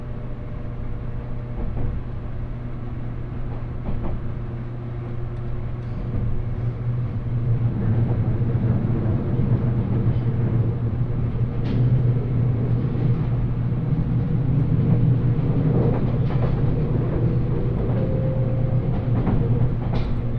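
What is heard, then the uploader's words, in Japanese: Inside a limited express train running between stations, a steady low rumble and hum fill the carriage throughout, growing slightly louder after the first few seconds. Faint rattles and brief squeaks or clicks from the wheels and car body occur now and then, especially toward the end. 大村線・佐世保線特急ハウステンボス26号 ハウステンボス→武雄温泉。ハウステンボスから特急ハウステンボス号で武雄温泉に向かいます。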